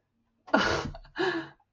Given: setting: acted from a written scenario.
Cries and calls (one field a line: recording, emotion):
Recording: vocal sound without words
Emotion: embarrassment